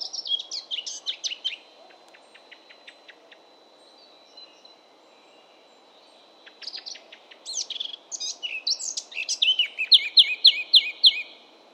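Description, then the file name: Eurasian blackcap singing: a quick twittering burst, then a pause, then a warble ending in loud, repeated fluty whistled notes. "baratposzata hangja"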